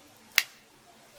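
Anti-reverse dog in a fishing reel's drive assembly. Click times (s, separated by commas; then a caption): 0.4 s. During reassembly of a Shimano Charter Special TR1000 LD lever-drag fishing reel, the metal anti-reverse dog in the drive assembly is pushed out of the way. It gives a sharp, positive snap at 0.4 s as it snaps into place, and the dog is seated.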